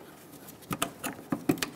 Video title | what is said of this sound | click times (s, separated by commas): How to Replace Headlights 2010-2014 Subaru Outback | push until you hear a click if you don't push on it make sure it's locked on | 0.8 s